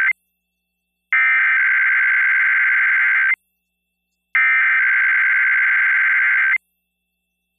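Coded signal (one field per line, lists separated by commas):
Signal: Emergency Alert System (SAME) tones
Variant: header bursts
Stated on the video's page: NOAA Weather Radio weekly test relayed by a 106.9 MHz, 23 kW FM station in Hartford, Connecticut, recorded via SDR.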